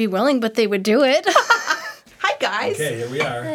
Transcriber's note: laughter